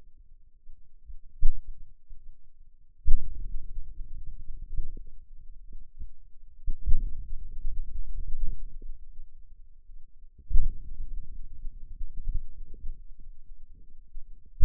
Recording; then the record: forearm muscle sounds (acoustic myography)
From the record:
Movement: outward rotation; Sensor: system 2, bracelet of six BSWA MPA416 microphones around the upper forearm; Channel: 1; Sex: male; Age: 22 years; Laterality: right